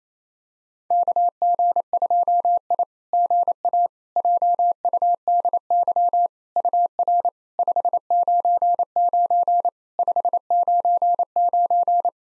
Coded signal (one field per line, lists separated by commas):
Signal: Morse code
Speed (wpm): 28 wpm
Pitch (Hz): 700 Hz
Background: none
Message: KG2I GA JUDY UR 599 599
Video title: SOTA QSO Practice 28wpm